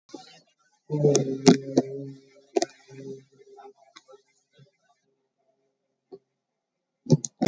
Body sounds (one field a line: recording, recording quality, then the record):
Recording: sustained vowel as in boot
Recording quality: poor, much background noise or distortion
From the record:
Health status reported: COVID-19 positive, mild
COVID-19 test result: positive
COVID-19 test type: RT-PCR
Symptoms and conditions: fatigue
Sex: male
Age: 31 years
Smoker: no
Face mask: not worn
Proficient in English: yes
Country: India